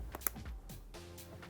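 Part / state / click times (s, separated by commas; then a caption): plastic snap of the keyboard top cover in the laptop bottom case / released / 0.3 s. A new plastic guitar pick wedged between the keyboard top cover and the bottom case of a 13-inch Surface Laptop, at least 5 mm below the top right corner, is wiggled up and down with soft scraping and a faint tick at 0.2 s. A sharp pop at 0.3 s marks the plastic snap of the keyboard cover disengaging from the bottom case, releasing that corner. Quieter rubbing follows.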